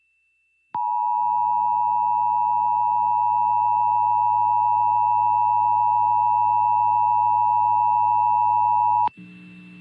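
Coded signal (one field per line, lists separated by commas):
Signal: Emergency Alert System (SAME) tones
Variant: 853 and 960 Hz attention tone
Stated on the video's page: Captures of Required Monthly Tests from West Virginia, Albany NY and Illinois.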